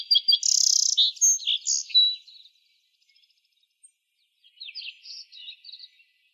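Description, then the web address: Tennessee Warbler: songbird singing high buzzy and chipping notes in a quick jumble for two seconds, then quiet, then a softer run of high notes. From the Arizona Field Ornithologists sound library; dated 050107. "Sound Library Vermivora Parula Dendroica AZFO TEWA deviche 050107"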